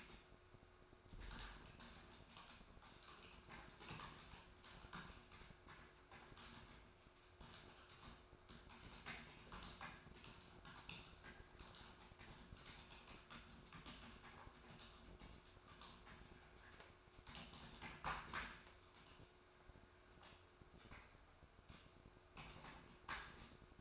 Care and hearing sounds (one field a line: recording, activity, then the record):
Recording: daily activity, microphone in the room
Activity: typing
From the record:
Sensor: 2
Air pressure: 1004.3 hPa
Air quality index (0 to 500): 188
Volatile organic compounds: 10 ppm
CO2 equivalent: 2250 ppm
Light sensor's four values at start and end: 4/11/4/4 and 4/11/4/4